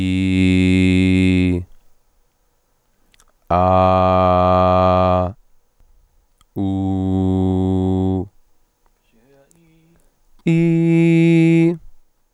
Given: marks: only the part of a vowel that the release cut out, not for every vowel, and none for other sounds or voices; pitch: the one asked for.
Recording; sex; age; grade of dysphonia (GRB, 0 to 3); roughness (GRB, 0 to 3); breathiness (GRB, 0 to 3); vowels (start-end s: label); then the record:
sustained vowels; male; 30 to 39 years; 1; 1; 1
0.00-1.51 s: vowel /i/, normal pitch
3.58-5.15 s: vowel /a/, normal pitch
6.66-8.14 s: vowel /u/, normal pitch
10.52-11.66 s: vowel /i/, high pitch
From the record:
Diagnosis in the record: dysodia (singing voice disorder), lisp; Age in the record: 30 years